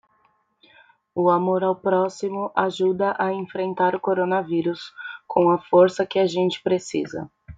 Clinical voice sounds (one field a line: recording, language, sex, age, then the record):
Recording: spoken sentence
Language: Brazilian Portuguese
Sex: female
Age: 20 to 29 years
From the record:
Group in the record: control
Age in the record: 25 years